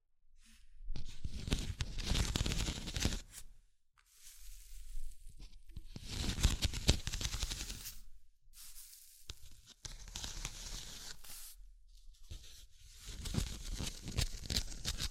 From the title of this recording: Tapping, Scratching, Tracing and Panning